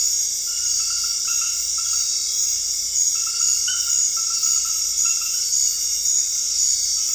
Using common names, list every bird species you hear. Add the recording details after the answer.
none. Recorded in dense forest near Puerto Asís, Putumayo, Colombia, on 20 February 2024 at 01:30. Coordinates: 0.485, -76.318. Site G6408